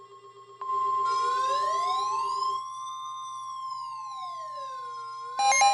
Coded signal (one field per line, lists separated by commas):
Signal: Emergency Alert System (SAME) tones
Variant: 1050 Hz attention tone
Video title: Severe Thunderstorm Warning (EAS #45)￼